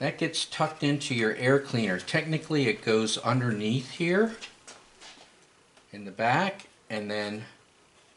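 Someone talks while handling the kill switch wire on a Honda GCV160 small engine, routing it behind and underneath the air cleaner toward its retaining tab, with faint handling sounds between the words. The wire is not yet pressed home into the tab, so nothing has clicked into place yet.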